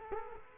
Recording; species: mosquito wingbeat signal from an infrared sensor; Culex quinquefasciatus